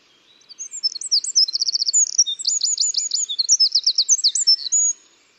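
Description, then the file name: Eurasian wren song: a forceful run of very high, quick chirps and machine-gun trills lasting about four and a half seconds, with silence before and after. "Troglodytes troglodytes"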